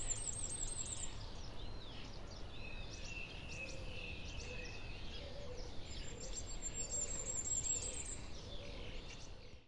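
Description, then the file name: Common firecrest song, very high thin notes in a quick series at the start and again near the end, with other birds whistling lower and steady background rumble. "zniczek"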